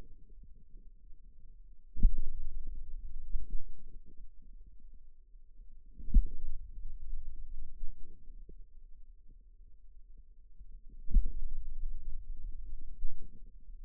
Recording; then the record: forearm muscle sounds (acoustic myography)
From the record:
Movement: pen grasping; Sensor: system 2, bracelet of six BSWA MPA416 microphones around the upper forearm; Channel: 5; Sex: male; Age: 22 years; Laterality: right